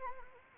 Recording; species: mosquito wingbeat signal from an infrared sensor; Anopheles arabiensis